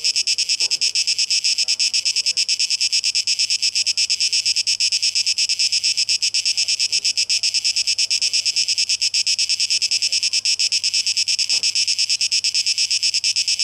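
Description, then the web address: Cicada song, a steady high buzz beating in quick regular pulses, with a couple of sharp knocks and faint chirping below. Tape echo mix; recorded 12 August 2023. "Audio 2023-08-12 Zikaden"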